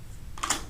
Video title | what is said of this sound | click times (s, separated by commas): How To Use Newborn's U-Lite Caulk Gun | until you hear that click | 0.4 s, 0.5 s